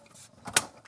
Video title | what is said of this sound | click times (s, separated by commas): How To Install A Rainsworth Matte Black Bathroom Faucet In Your Home. | you hear a click same play | 0.6 s